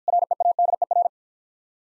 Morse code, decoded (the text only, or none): READER